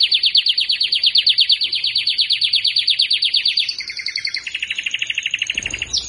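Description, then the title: Belgian canary song with a long loud trill of rapid repeated high notes, shifting to a lower rolling trill and ending in a short high whistle, with a faint low rumble at the end. Belgian canary male singing to warm up, or stimulate, a female. "Canario Belga. Canario Galador Esquenta Qualquer Femea"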